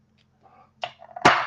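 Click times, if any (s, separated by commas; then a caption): 1.3 s. After coloring, a plastic cap is pushed back onto a water-based coloring marker so the marker doesn't dry out. Faint handling sounds and a sharp tap at 0.8 s lead into small scraping clicks, then a loud, bright click at 1.3 s as the cap seats closed and the sound fades.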